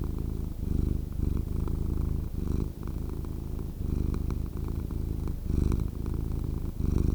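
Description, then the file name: Domestic cat purr, low and steady, with rhythmic breath cycles giving a soft rising and falling throb throughout. "Cat Purring Sound"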